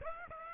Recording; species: mosquito wingbeat signal from an infrared sensor; Aedes aegypti